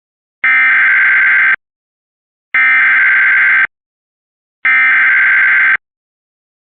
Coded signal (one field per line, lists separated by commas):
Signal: Emergency Alert System (SAME) tones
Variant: header bursts